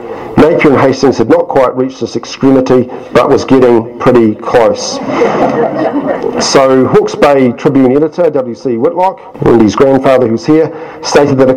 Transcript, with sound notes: ‘Napier and Hastings have not quite reached this extremity, but was getting pretty close.’ [Chuckles] So Hawke’s Bay Tribune editor, W C Whitlock, and his grandfather who’s here stated that: